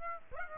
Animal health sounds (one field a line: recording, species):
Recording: mosquito wingbeat signal from an infrared sensor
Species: Aedes aegypti